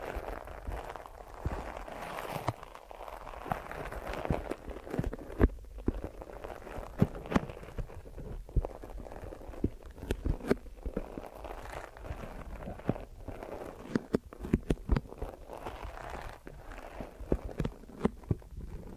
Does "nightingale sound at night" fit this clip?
no